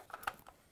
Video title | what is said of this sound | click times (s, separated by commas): Canon 77D HANDS ON review - ULTIMATE Vlogging CAMERA? | just pops into place | 0.3 s